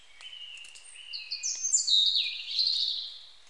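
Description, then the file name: European robin phrase opening with a thin sustained whistle, building into a rich, fast, high warble. "Erithacus rubecula"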